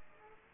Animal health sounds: mosquito wingbeat signal from an infrared sensor; Aedes aegypti

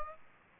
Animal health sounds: mosquito wingbeat signal from an infrared sensor; Aedes aegypti

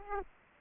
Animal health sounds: mosquito wingbeat signal from an infrared sensor; Aedes aegypti

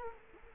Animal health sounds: mosquito wingbeat signal from an infrared sensor; Culex quinquefasciatus

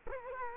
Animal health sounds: mosquito wingbeat signal from an infrared sensor; Culex quinquefasciatus

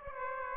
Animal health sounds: mosquito wingbeat signal from an infrared sensor; Aedes aegypti

